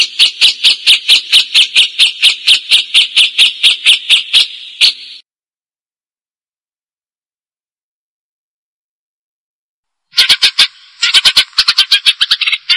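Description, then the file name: Cililin delivers a steady run of buzzy notes, falls silent for several seconds, then resumes chattering. "celilin jenggot gereja"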